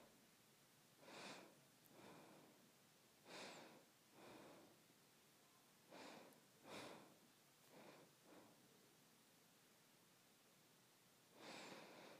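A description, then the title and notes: Breathing through the nose, with airy in-and-out puffs coming in pairs at an uneven pace: around 1, 3.5, 6.5 and 8 seconds, then a long pause before a final breath near 11.5 seconds. Each breath is a soft, bright hiss over a steady faint background hush. ASMR Nose Breathing.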